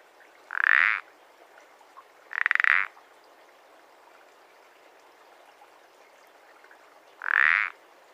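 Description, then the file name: Common parsley frog giving three short, creaky croaks, two close together early and one after a long pause, over a quiet background. "pelodyte-ponctué"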